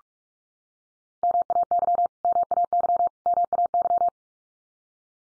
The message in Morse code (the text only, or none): MAY MAY MAY